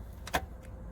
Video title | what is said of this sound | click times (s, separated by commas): #13 Dodge 3500 diesel Cummins truck breaks down | that click so | 0.4 s